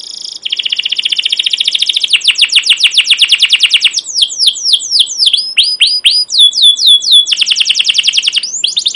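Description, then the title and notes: Canary song: long rapid trills alternating with sweeping down-slurred chirps and twittering, continuous and loud throughout. Captive canary giving long, continuous chirping song, used as a training lure for young canaries learning to sing. "CUIT CUIT NGEROL LANGSUNG GACOR PANJANG Kenari Ini AMPUH Utk Pancingan KENAR. PANCINGAN Kenari GACOR PANJANG Cuit CUIT EMOSI ini AMPUH utk MASTERAN Kenari PAUD belajar BUNYI. burung kenari"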